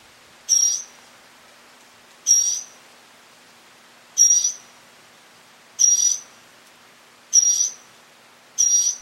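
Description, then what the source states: Mockingbird song: a single thin high whistled note repeated six times, spaced nearly two seconds apart, in quiet surroundings. Male.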